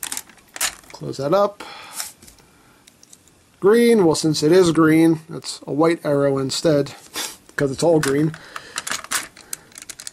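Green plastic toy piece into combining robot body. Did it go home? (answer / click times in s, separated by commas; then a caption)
yes / 9.5 s. Someone talks while handling plastic toy parts, with scattered sharp clicks and clatters between the words. A green plastic toy mecha piece is plugged into a combining robot toy's body and snaps into place with a crisp click at 9.5 s, followed by a few quick light clicks.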